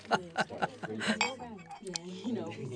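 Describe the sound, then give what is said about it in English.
Champagne glasses clink together in a toast, several bright, sharp taps in quick succession over the first half, with people's voices talking underneath and continuing afterward. “Cheers to our new house.”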